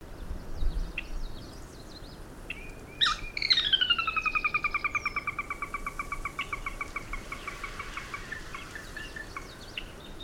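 Bird song: a sharp opening note, then a long series of repeated clipped notes that start fast and slow gradually, over steady background noise.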